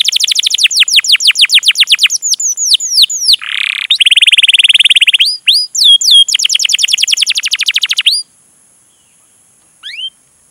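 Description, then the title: Canary song of fast repeated sweeping notes, a buzzy trill and quick chirp series, ending in silence with one last rising chirp. Long, lively canary song used as a lure to prompt other canaries to sing. "PANCINGAN Kenari GACOR PANJANG. Pancingan Gacor Masteran"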